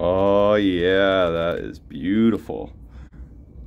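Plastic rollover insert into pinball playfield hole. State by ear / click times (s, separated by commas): not seated / none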